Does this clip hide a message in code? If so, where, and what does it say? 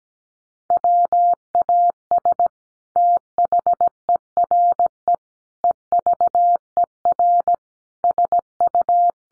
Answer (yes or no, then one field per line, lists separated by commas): yes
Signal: Morse code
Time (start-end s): 0.7-9.1 s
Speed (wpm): 17 wpm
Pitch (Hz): 700 Hz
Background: none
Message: WAS THERE EVER SU